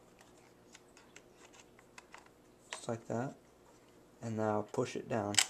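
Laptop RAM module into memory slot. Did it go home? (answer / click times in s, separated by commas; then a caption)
no / none. A two-gig Crucial laptop RAM module, held by its sides, is lined up with the memory slot of a Toshiba Satellite P500 at about a 30-degree angle before being pushed down to latch. Faint plastic handling ticks are heard in the first three seconds while someone talks. Nothing has seated or clicked yet.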